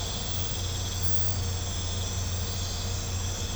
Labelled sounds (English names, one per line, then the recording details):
none
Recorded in pastures near Puerto Asís, Putumayo, Colombia, on 20 December 2024 at 03:30
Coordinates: 0.502, -76.324
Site G077